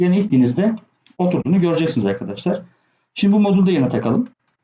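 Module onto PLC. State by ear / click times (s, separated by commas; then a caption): not seated / none. A module is being handled for attachment onto an S7-1200 PLC while someone talks. The part has not yet gone home, and nothing has seated or clicked yet.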